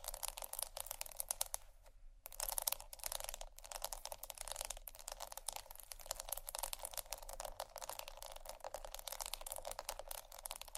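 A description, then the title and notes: Fast tapping and scratching runs almost without pause, a dense stream of tiny bright clicks like rapid typing on a keyboard. The strokes are crisp and high, with little low sound beneath. A brief gap near two seconds interrupts it before the tapping resumes. ASMR Fast Tapping & Scratching （No Talking）.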